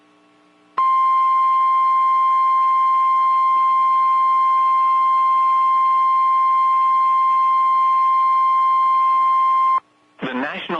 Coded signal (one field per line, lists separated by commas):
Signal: Emergency Alert System (SAME) tones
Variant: 1050 Hz attention tone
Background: speech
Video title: TOR for Carroll County, MD (EAS #163)